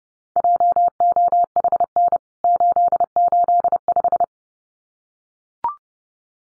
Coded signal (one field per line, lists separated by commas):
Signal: Morse code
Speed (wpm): 30 wpm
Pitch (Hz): 700 Hz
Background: none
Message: JOHN 885